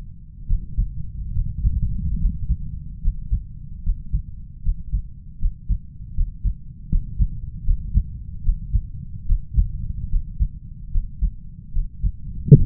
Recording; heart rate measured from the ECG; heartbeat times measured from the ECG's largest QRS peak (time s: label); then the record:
heart sounds by stethoscope; 75 bpm
0.46 s: heartbeat
1.33 s: heartbeat
2.18 s: heartbeat
3.00 s: heartbeat
3.82 s: heartbeat
4.62 s: heartbeat
5.39 s: heartbeat
6.14 s: heartbeat
6.88 s: heartbeat
7.64 s: heartbeat
8.42 s: heartbeat
9.25 s: heartbeat
10.09 s: heartbeat
10.90 s: heartbeat
11.72 s: heartbeat
12.52 s: heartbeat
From the record:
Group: healthy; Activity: Valsalva maneuver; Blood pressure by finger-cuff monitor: 118/83 mmHg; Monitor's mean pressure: 94 mmHg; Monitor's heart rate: 73 bpm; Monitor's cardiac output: 5.4 L/min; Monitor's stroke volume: 75 mL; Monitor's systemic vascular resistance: 1320 dyn s/cm5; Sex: male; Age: 20 years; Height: 187 cm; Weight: 68.9 kg